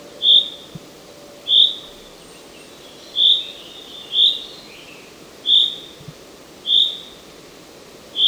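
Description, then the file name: Common chaffinch repeating sharp, high call notes about every second, with softer bird twitters in between and a couple of low thumps. "Fringilla coelebs"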